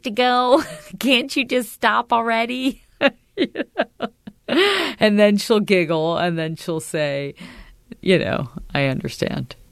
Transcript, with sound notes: Can't you just stop already? (Laughter) And then she'll giggle, and then she'll say, you know, I understand.